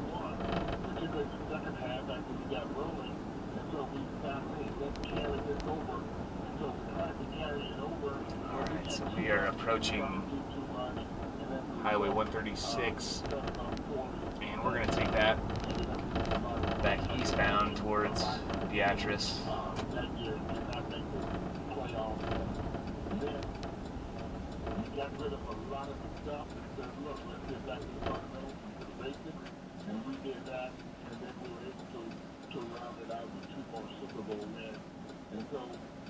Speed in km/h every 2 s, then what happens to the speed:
56, 55, 52, 52, 50, 50, 50, 50, 50, 50, 45, 37, 29, 19, 6, 0, 0, 0.
0-7 slows to 50. 7-18 steady at about 50. 18-29 brakes to 0. 29-36 standing.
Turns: none.